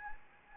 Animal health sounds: mosquito wingbeat signal from an infrared sensor; Anopheles gambiae

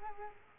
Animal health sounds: mosquito wingbeat signal from an infrared sensor; Culex quinquefasciatus

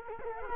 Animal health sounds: mosquito wingbeat signal from an infrared sensor; Culex quinquefasciatus

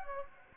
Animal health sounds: mosquito wingbeat signal from an infrared sensor; Anopheles gambiae

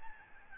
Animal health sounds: mosquito wingbeat signal from an infrared sensor; Aedes albopictus

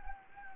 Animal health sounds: mosquito wingbeat signal from an infrared sensor; Anopheles gambiae

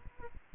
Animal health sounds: mosquito wingbeat signal from an infrared sensor; Aedes aegypti

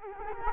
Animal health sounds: mosquito wingbeat signal from an infrared sensor; Culex quinquefasciatus

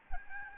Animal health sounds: mosquito wingbeat signal from an infrared sensor; Aedes albopictus

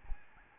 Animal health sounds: mosquito wingbeat signal from an infrared sensor; Aedes albopictus

